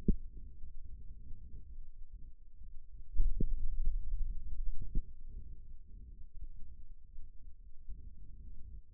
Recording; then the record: forearm muscle sounds (acoustic myography)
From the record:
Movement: finger pinch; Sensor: system 2, bracelet of six BSWA MPA416 microphones around the upper forearm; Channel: 1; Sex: male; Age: 22 years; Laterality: right